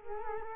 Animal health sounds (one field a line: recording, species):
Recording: mosquito wingbeat signal from an infrared sensor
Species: Culex quinquefasciatus